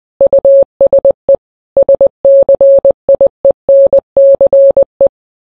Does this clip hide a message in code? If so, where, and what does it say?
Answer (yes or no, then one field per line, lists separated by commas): yes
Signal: Morse code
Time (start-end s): 0.2-5.1 s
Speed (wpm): 20 wpm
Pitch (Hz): 550 Hz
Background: none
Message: USE SCIENCE